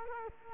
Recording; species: mosquito wingbeat signal from an infrared sensor; Culex quinquefasciatus